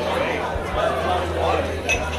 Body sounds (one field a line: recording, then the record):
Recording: background sound without coughing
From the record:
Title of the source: CITY SOUNDS Busy Bar in the Evening Night - 2 HOURS of Ambiance for Relaxation